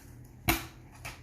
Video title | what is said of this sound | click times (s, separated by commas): Getting setup for Telework with docking station and monitors | piece will connect straight into here alright and you'll hear the click alright | 0.5 s